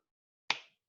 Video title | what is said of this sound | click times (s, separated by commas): How To Collect Gene Sample | that's it you heard that click it's sealed | 0.5 s